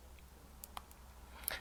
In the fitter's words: then once it's clicked into position we can go ahead and we can cover that port up now